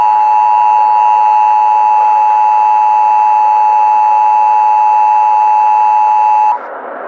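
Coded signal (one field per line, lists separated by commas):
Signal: Emergency Alert System (SAME) tones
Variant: 853 and 960 Hz attention tone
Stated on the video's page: Fictional EAS scenario based on Jeepers Creepers.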